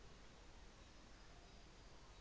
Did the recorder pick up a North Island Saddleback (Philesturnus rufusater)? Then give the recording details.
no. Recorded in New Zealand on 24 December 2018. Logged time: 17:45